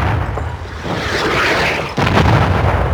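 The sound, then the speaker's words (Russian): Artillery cannons firing in a loud, rumbling barrage, deep booms rolling into one another, with a sharp new blast near the end that renews the roar. The guns are 150 artillery pieces placed under the walls of Smolensk by Napoleon's order in 1812. No one speaks. “По его приказу под стенами города разместили 150 артиллерийских орудий. Сейчас они начнут стрелять.”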